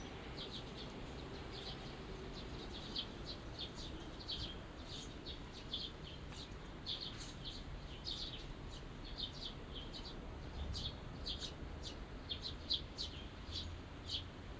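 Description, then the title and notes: Birds singing in a busy run of high chirps and twitters throughout, over a low rumble. Binaural recording in a small garden in a corner of Yushima Tenjin shrine, Tokyo, Japan, surrounded by buildings, after rain. "小鳥のさえずり、雨上がりの庭園にて（Binaural）- Birds singing in the garden. 湯島天神の片隅にある小さな庭園で録音しました。"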